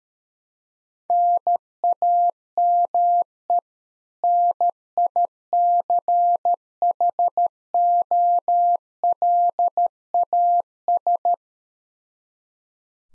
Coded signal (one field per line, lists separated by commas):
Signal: Morse code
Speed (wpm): 13 wpm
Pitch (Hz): 700 Hz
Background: none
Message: NAME NICHOLAS